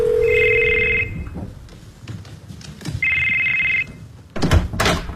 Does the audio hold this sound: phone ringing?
yes